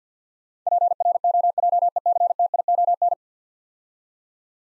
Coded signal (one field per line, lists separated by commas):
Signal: Morse code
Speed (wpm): 50 wpm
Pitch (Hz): 700 Hz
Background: none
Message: PROJECTION